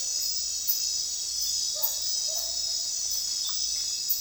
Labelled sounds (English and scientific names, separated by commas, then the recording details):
none
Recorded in secondary vegetation near Puerto Asís, Putumayo, Colombia, on 24 June 2025 at 23:00
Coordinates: 0.498, -76.327
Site GP09